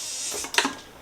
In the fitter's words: down, you hear it click into place, and